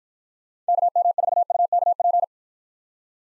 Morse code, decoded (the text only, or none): KM4UKP